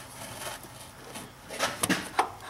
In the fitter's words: line that one up there's a little locator Tab and I just heard a click give it a wiggle yep